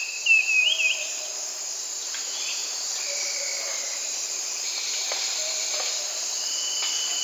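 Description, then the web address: Black-capped becard whistled song, a short bright wavering phrase near the start, then faint scattered whistles beneath a steady high insect hiss. Recorded in Peru, Amazon region. "Birds of the Amazon 3. Black-capped Becard (Pachyramphus marginatus), Peru"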